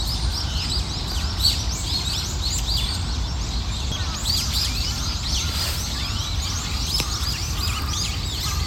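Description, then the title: Birds twitter and chirp in many quick high notes over constant background noise. Morning walk in a park; small birds singing. "公園の朝散歩より674鳥のこえ"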